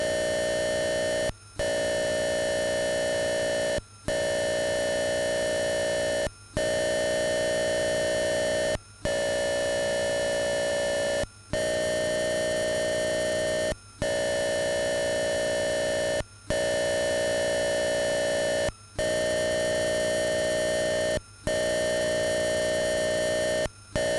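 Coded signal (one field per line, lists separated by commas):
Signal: computer data on cassette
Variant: Atari 8-bit cassette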